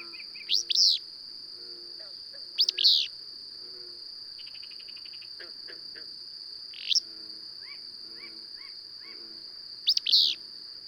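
Bird song: high sharp chirp phrases every few seconds, with softer calls between and a constant high whine.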